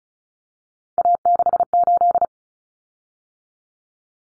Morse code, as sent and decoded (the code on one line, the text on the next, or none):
.- -.... ---..
A68